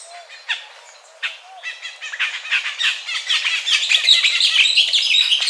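Bird chirping: a few sparse notes at first, then dense, rapid high chirps and twitters that grow louder toward the end.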